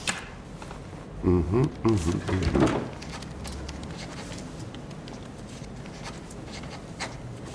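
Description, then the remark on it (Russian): A short burst of voices, then a soft, steady scratching of a pen signing a document, with faint papery rustles running on for several seconds. “Распишитесь, пожалуйста, где птичка.”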